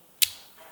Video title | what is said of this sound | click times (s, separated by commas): ทำไมมันถึงฮิต!? ต้องลอง...ถึงได้รู้!! | ให้ดังแก๊กมาเรามาเข้าโหมดการแข่งขันกันดีกว่า | 0.2 s